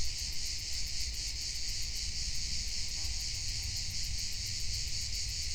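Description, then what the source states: Cricket chorus: steady shrill high trilling with rapid regular pulses, many callers blending together over a low background rumble. Many crickets dominating the soundscape on a mountaintop at Capella de Sant Jordi, Sant Llorenç de la Muga area, during a summer excursion, with no human-made sound.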